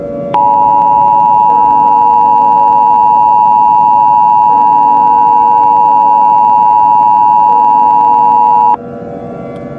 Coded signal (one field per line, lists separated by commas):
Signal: Emergency Alert System (SAME) tones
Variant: 853 and 960 Hz attention tone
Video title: EAS Scenario - Nibiru REMASTERED